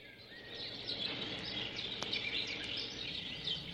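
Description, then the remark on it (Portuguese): A steady chorus of many birds chirping and twittering at once, a dense high-pitched tangle of calls that carries on evenly from start to finish, with no voices. “Havia ar, água, plantas, pássaros e um mundo de cores.”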